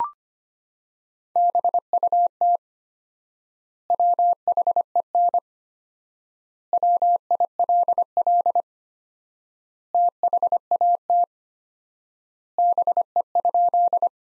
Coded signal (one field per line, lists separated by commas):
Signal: Morse code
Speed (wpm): 25 wpm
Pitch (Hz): 700 Hz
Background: none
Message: BUT WHEN WILL THAT BE?